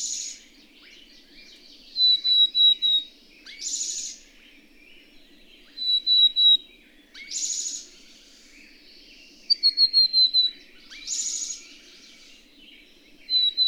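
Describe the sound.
Bird singing in a repeating cycle: a short, harsh, buzzy burst, then three or four clipped high whistles, several times through, with a quiet low hum throughout.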